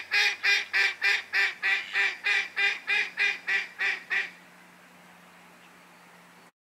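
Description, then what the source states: Mallard hen quacking, a rapid even series of over a dozen loud nasal quacks, roughly three per second, then stopping, leaving a low steady hum. Female mallard, calling out.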